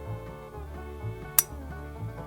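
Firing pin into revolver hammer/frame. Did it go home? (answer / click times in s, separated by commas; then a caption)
yes / 1.4 s. A restorer pushes the steel firing pin of a Colt Python revolver down into its hammer or frame over steady background music. At 1.4 s the pin snaps into place with a single sharp metallic clink, and it is seated.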